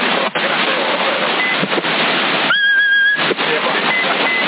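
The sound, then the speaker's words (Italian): A short, steady high whistle of about half a second, whistled by someone on a CB radio channel in Sassari, cuts through loud, hissing CB radio static, with thin, muffled chatter around it. “Oh, hanno fischiato, chi è?”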